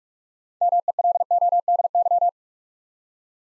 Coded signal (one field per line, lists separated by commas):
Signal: Morse code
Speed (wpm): 44 wpm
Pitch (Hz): 700 Hz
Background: none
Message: MELODY